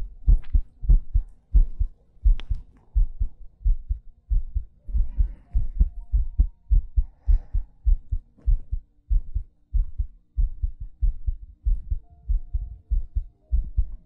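Deep, regular low thumps at about 98 a minute, each beat a soft double pulse, with faint breathing sounds and a light hum in the background. An adult's heartbeat heard close up, made as ASMR for relaxation listening, with breathing audible alongside.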